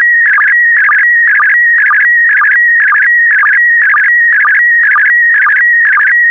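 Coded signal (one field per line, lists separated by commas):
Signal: SSTV (slow-scan television)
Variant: PD120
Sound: steady whistle-like tone broken by rhythmic warbling chirps about twice per second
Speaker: get ready starting transmission in 5 4 3 2 1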